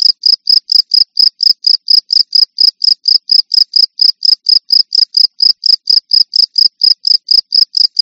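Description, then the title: Cricket chirping steadily, short piercing pulses in a quick regular train, clean and uninterrupted. "jangkrik"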